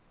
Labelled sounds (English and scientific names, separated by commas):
Nashville Warbler (Leiothlypis ruficapilla) flight call